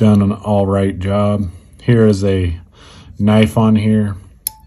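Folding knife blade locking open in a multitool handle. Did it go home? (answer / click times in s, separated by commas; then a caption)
yes / 4.5 s. Someone talks, then the folding knife blade on a compact multitool is opened and snaps into its locked position in the handle with a sharp metal click at 4.5 seconds, followed by a brief faint ring. The blade is locked open.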